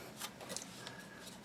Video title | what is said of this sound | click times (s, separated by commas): M+M M10X-Z DMR review- AK-47 / SIG 550 Hybrid. Short handguard | To fold the stock, you press the button on the right side and it locks in place | 0.6 s, 0.9 s